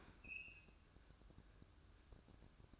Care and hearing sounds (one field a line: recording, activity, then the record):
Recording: daily activity, microphone in the room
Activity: open fridge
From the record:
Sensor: 2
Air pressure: 1007.6 hPa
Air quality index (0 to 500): 51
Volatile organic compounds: 1 ppm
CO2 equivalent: 570 ppm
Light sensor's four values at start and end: 10/23/10/10 and 10/24/10/10